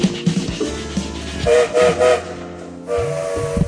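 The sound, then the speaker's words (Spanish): A train whistle sounds three short, steady blasts in quick succession, each a bright sustained tone, over a continuous rumble and clatter of rolling railway cars. “Sonó el silbato y le hacemos una pregunta.”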